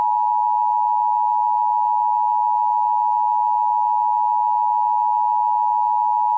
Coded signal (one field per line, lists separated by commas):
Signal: Emergency Alert System (SAME) tones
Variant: 853 and 960 Hz attention tone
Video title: EAS #1066-1067: 2 EAS Required Monthly Tests- Mar. 5, 2025- 10:14AM PST